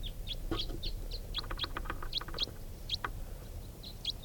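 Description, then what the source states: Red crossbill calls: short sharp high notes at a quick irregular pace over a steady low rumble. Type 4 crossbills, wild birds flying over, moving from one grove to another without stopping; quite a few birds.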